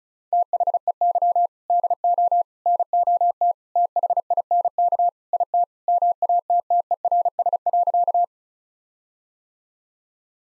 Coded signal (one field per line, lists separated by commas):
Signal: Morse code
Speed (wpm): 34 wpm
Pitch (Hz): 700 Hz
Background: none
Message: THEY DO NOT THINK IT MATTERS.